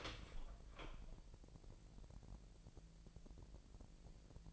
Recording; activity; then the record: daily activity, microphone in the room; open door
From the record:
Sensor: 5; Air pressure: 1001.4 hPa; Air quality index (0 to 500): 249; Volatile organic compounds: 35 ppm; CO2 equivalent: 3056 ppm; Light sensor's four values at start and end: 32/75/29/27 and 32/74/29/26